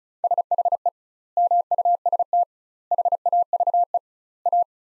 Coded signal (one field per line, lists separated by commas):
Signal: Morse code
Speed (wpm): 34 wpm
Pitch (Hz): 700 Hz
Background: none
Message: SHE MUST HAVE A